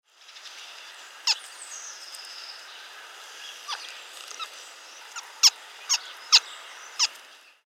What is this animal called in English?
Reeves' Muntjac